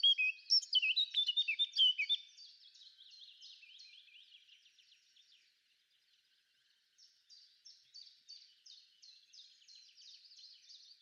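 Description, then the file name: Eurasian blackcap song opening with a bright warbled burst, trailing into soft repeated chips, a short quiet spell, then a faint series of rhythmic twittering notes. "Sylvia atricapilla"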